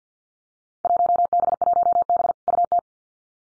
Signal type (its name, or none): Morse code